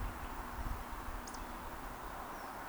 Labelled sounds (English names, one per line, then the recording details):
Eurasian Woodcock whistle
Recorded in Baden-Württemberg, Germany, on 30 May 2021 at 19:38 UTC
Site 43323, 910 m above sea level